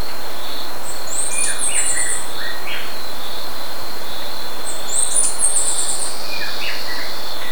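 Bird calls: high, twittering phrases repeated about every four seconds, with fainter lower notes beneath, over loud steady hiss and a buzzing drone.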